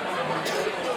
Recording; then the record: coughing mixed with background sound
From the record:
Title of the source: 55 gaggy wet cough